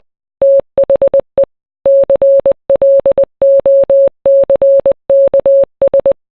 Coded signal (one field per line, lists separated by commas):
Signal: Morse code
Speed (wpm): 20 wpm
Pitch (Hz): 550 Hz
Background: none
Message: THE CLOCKS